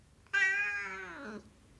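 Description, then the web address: Siamese cat giving one long, loud meow lasting about a second, steady at first, then sliding downward as it fades. "The BBC Sound Effects Library. Siamese Cat Meowing"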